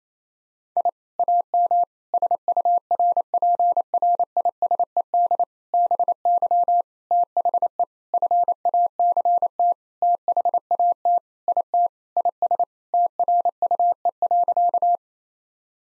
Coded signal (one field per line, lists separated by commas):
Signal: Morse code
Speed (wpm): 27 wpm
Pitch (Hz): 700 Hz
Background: none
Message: I AM SURPRISED BY THE FACT THAT IT IS TRUE.